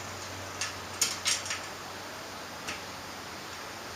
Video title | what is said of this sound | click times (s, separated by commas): How to find top-dead-center on a Kawasaki 454LTD, and setting the timing. | push it to you hear it click that's one side | 0.6 s, 1.0 s